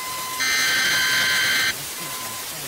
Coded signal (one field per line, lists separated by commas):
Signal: Emergency Alert System (SAME) tones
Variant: header bursts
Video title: Georgia EAS Alarm (2003) origin...